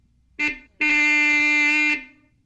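A small car horn gives two honks, a short beep followed by a longer sustained blast, bright and steady in pitch, heard alone with no talking.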